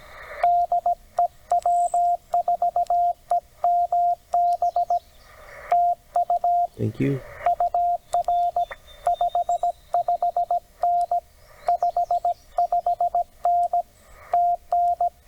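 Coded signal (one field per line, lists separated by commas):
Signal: Morse code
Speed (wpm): 17 wpm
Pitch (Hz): 700 Hz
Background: speech, radio noise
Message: DE W4EMB TU UR 55N 55N TN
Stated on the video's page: CW POTA activation from a Tennessee state park using TR45L Skinny radio, MC-750 vertical whip with four radials, Bamatech TP III key, 12 Ah battery.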